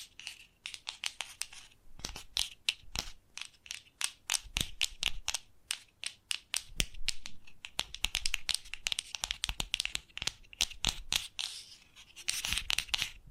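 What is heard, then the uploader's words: Crisp trigger sounds: rapid crinkling, tapping and tearing snaps crowd together with barely a pause, bright and sharp at the top end. Bursts thicken around the middle and again near the end, over a faint low hush. ASMR Hypnotizing Sensitive Triggers for DEEP SLEEP (No Talking).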